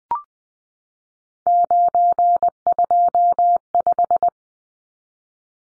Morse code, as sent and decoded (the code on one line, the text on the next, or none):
----. ..--- .....
925